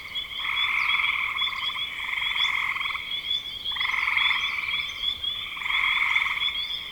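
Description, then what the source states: Frog calls as pulsed trills lasting about one to two seconds, repeated with short gaps, over a steady high ringing background. Frogs recorded in spring 2025.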